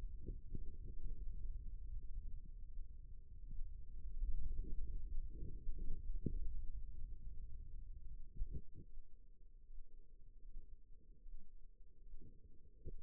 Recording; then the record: forearm muscle sounds (acoustic myography)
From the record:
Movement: radial deviation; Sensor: system 2, bracelet of six BSWA MPA416 microphones around the upper forearm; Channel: 4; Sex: female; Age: 25 years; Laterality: right